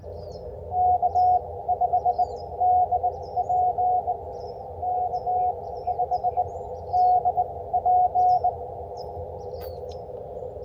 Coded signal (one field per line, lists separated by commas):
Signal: Morse code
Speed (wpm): 20 wpm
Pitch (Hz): 720 Hz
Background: none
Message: K5DP K5DP